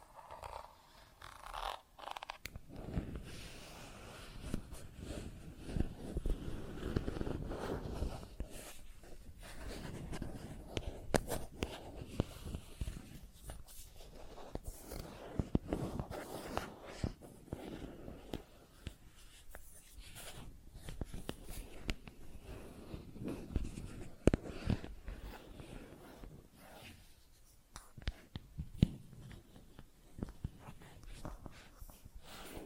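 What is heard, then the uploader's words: Plastic objects are tapped and scratched in a busy, irregular run of clicks, knocks and rasping scrapes with only brief pauses. The handling stays fairly even throughout, with sharper taps standing out near 11, 24 and 27 seconds. ASMR Plastic Objects Tapping and Scratching (No Talking).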